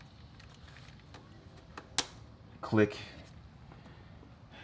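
A hose quick-connect fitting is pushed by hand onto the oil catch can port on the line of a JLT oil catch can installed on a Hellcat's engine, and it goes on easily. After a few faint ticks, a loud, sharp click at 2.0 s marks the fitting seating, followed by a burst of handling noise around 2.7–2.9 s. Someone talks briefly near the end.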